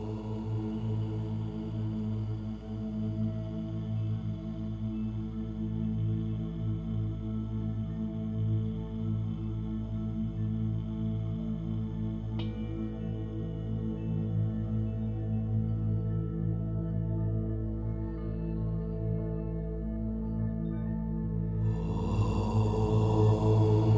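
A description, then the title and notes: A low Om chant hums steadily with stacked ringing tones, holding level throughout, then swells brighter and louder in the final two seconds. BONUS (Om Meditation). The sound of Om when chanted over and over.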